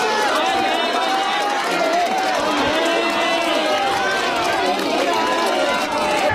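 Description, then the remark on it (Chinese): A large crowd of villagers, lined up in a long queue in a village, cheers, calls out greetings to the General Secretary and claps in many overlapping voices, forming a steady, loud wash of sound that holds for the whole stretch without letting up. “离开村子时，闻讯前来的村民们排起长队，激动地向总书记问好，掌声欢呼声汇聚在一起，在村庄上空久久回荡。”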